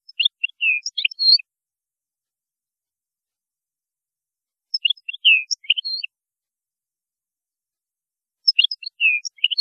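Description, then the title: European goldfinch song: short clusters of quick, high chirps and twitters, repeated roughly every four seconds. "Chant Chardonneret"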